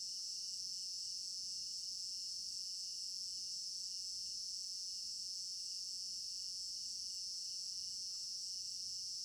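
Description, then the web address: Steady shrill cricket trilling with a pulsed chirp beneath it, unbroken from start to end, and faint low rustling. African village garden at night; stereo binaural recording. "African-Village Garden Night Crickets 03 Stereo-Binaural. immersive sound library"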